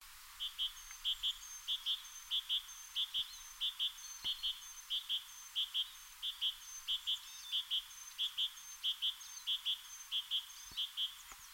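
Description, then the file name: Great tit calling in a steady series of short, clipped double and triple notes at an even mid-high pitch, repeated rhythmically, with faint high notes above. "Parus major"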